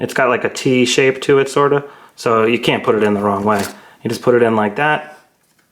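Someone talks while handling a keyed, T-shaped rechargeable battery at the battery compartment of a Sony A7 III camera. Nothing has seated or clicked yet; the clip ends before the battery locks in.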